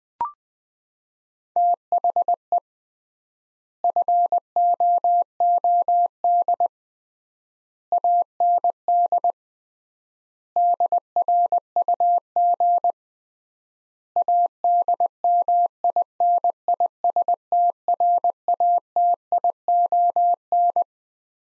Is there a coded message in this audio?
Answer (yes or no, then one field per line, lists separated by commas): yes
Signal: Morse code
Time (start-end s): 1.6-20.8 s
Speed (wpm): 21 wpm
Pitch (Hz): 700 Hz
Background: none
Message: THE FOOD AND DRUG ADMINISTRATION